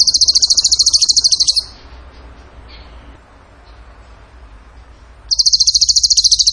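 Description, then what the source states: Bird song: a rapid, high buzzy trill of fast pulses, a quiet gap of about four seconds, then the same high trill starting again. Masteran training recording; tembakan gacor song style.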